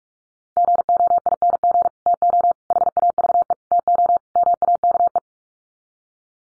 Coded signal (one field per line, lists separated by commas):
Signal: Morse code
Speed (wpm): 44 wpm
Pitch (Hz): 700 Hz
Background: none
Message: GOING TO HAVE TO MAKE